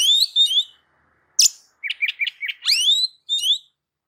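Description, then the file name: Oriental magpie-robin song: sliding whistles, a sharp rasp, a run of four quick chips, then a long rising whistle and a short warble. "Suara-Kacer-Versi-7"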